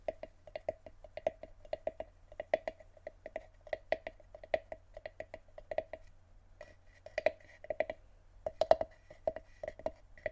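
Tapping on random objects, a quick run of sharp taps coming every fraction of a second with uneven spacing. Each tap rings briefly at a clear, steady pitch with a higher overtone, like knocking on glass or dishes. A low hum runs underneath throughout.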